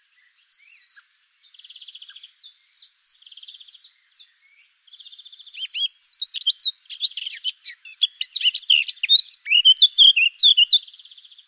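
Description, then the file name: Eurasian blackcap song: soft repeated chattering phrases and short rattles, then an outburst of loud, rich whistled warbling. "Sylvia atricapilla"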